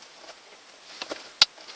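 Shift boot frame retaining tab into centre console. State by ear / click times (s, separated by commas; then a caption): seated / 1.4 s. The plastic frame of a replacement gear shift boot is pressed into the centre console of a Volvo S80 MK1, and after a few faint taps its second plastic retaining tab snaps into place with one sharp, loud click at 1.4 s. The tab is seated.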